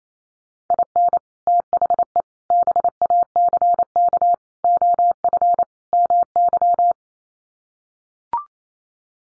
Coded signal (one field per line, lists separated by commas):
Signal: Morse code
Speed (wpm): 28 wpm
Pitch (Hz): 700 Hz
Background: none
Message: IN THE BACK OF MY